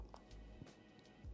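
A small USB-C external storage drive is handled near a smartphone's USB-C port over background music, with faint brief ticks at about 0.0 s and 0.1 s and a softer sound near 1.0 s. Nothing has seated or clicked into the port yet.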